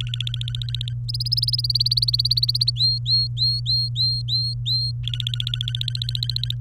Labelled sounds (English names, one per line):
Domestic Canary song